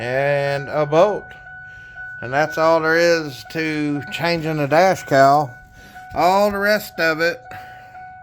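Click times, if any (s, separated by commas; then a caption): none. A plastic dash cowl trim panel is handled on the dashboard of a 1998 Ford F-150 pickup truck after its bolts are in, while someone talks throughout over a faint steady tone. Nothing has seated or clicked yet.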